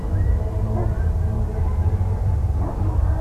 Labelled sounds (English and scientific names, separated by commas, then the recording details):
none
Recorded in France